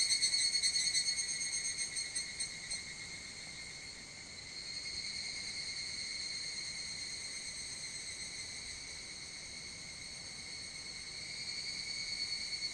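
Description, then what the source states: Evening cicada song, a high tonal pulsing trill with stacked ringing bands, loud and throbbing at first, then settling into a steadier drone that swells again near the end. Recorded 25 July 2022.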